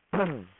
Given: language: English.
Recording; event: throat vibration sensor signal played as sound; throat clearing